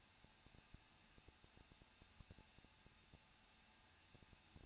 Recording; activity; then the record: daily activity, microphone in the room; no activity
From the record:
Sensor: 2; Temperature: 21.0 degrees Celsius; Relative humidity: 37.5%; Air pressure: 1006.3 hPa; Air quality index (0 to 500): 224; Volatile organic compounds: 25 ppm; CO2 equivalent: 2840 ppm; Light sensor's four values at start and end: 2/3/2/2 and 2/3/2/2